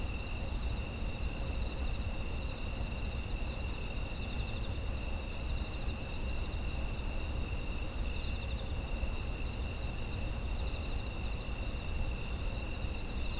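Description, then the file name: Insects chorusing, several steady unbroken trills at different pitches layered together, with a constant low rumble underneath. Autumn insects; ambient environmental sound offered as background audio. "秋の虫の環境音"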